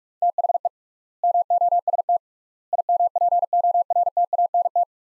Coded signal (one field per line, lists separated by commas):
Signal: Morse code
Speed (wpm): 46 wpm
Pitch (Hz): 700 Hz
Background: none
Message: THE MOST IMPORTANT